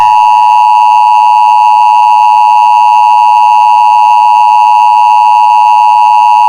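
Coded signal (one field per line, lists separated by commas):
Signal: Emergency Alert System (SAME) tones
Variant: 853 and 960 Hz attention tone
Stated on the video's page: Fictional scenario of a Knoxville tornado.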